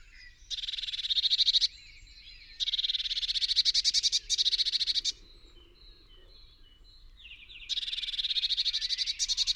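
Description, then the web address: Eurasian blue tit giving harsh, buzzy churring calls in several rapid rattling bursts with pauses between. "SETE Cyanistes caeruleus"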